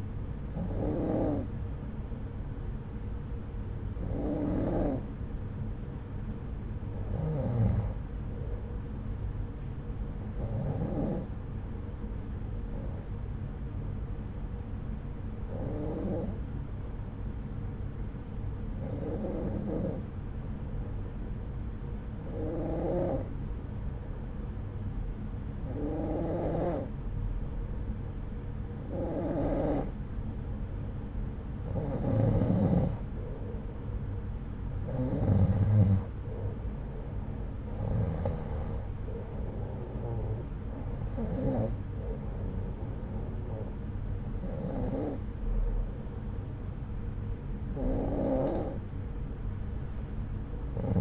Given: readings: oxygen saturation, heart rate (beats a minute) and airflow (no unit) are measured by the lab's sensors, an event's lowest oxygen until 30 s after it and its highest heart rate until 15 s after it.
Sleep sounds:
breathing in sleep by a smartphone at the bedside; 1
3.00-32.20 s: hypopnea (N2, oxygen 95% highest, then 92% lowest)
From the record:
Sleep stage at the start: N2 (light sleep); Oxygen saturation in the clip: 92 to 95%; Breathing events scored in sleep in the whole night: 303 in 8.1 hours asleep

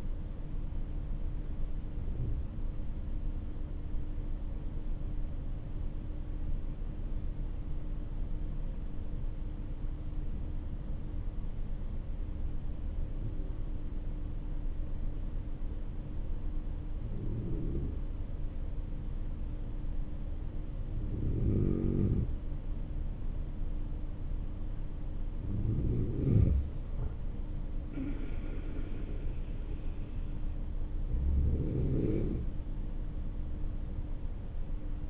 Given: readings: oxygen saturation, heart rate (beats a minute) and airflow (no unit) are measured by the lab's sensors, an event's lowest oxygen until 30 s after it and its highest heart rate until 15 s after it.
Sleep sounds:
breathing in sleep by a smartphone at the bedside; 1
4.00-23.30 s: hypopnea (N2, oxygen 97% highest, then 94% lowest, heart rate 53 at the start, 53 highest)
From the record:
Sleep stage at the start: N2 (light sleep); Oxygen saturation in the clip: 94 to 97%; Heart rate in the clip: 46 to 53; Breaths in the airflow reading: 8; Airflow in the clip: -8.8 to 10.8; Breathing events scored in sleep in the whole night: 304 in 5.6 hours asleep

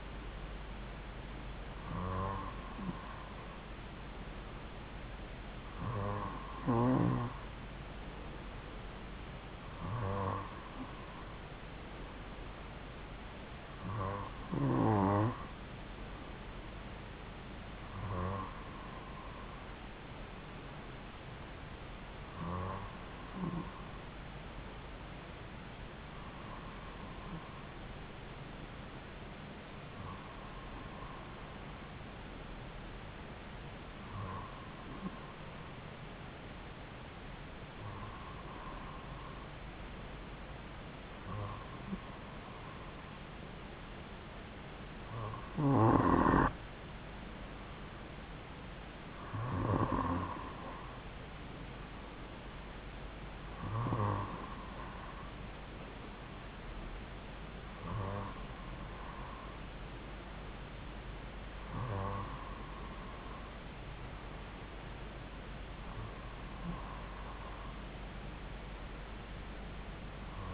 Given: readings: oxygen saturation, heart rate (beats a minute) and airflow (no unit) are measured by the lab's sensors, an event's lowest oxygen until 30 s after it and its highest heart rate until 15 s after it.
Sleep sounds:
breathing in sleep by a voice recorder at the bedside; none
4.00-64.00 s: new sleep stage, N3 (deep sleep)
64.00-70.54 s: new sleep stage, N2 (light sleep)
From the record:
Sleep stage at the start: N2 (light sleep); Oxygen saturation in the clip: 93 to 95%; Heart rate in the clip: 54 to 57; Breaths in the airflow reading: 17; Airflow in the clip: -2.7 to 2.8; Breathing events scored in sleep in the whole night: 270 in 6.1 hours asleep

